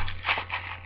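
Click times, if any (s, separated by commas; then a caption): none. The spring follower of a KWA MK23F airsoft pistol magazine is pulled down toward its locked-down position, producing a short stretch of scraping, crackly handling noise with faint ticks near 0.1 and 0.9 seconds. Nothing has seated or clicked yet.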